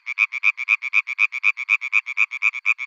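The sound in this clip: European tree frog calling in a fast, steady series of nasal, rasping croaks.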